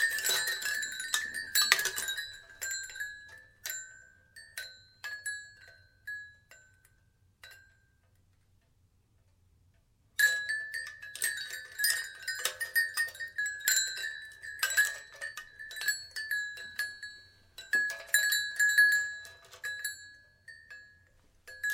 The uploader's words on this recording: Wind Chimes ASMR: Tingles of Tranquility.